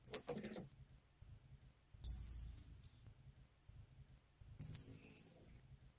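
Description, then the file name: Orange-headed thrush giving thin, high whistled calls that slide slightly downward, three heard about every two seconds. Female. "suara am betina omkicau"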